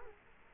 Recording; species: mosquito wingbeat signal from an infrared sensor; Culex quinquefasciatus